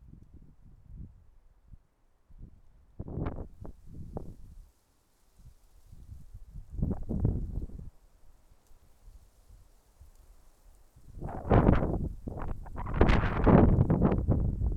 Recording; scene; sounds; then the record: everyday scene through a hearing-aid microphone; wind on the microphone; wind, traffic, birds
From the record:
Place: suburban garden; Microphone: behind the ear, left, front